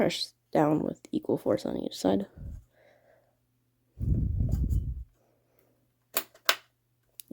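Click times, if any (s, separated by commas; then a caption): 6.2 s, 6.5 s. Someone talks while a desktop RAM stick is pressed down evenly into its motherboard DIMM slot. Two sharp clicks are heard at 6.2 and 6.5 seconds as both plastic retention clips snap shut, and the module is seated.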